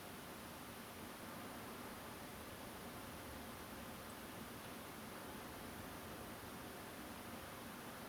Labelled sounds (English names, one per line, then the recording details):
Song Thrush
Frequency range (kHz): Song Thrush 7.7-9.0 kHz
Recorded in France